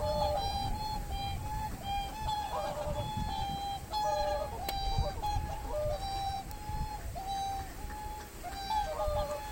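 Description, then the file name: Whooper swans giving many bugling, horn-like calls, steady mid-pitched notes overlapping from several birds, over a constant low rumble. "oohakutyou"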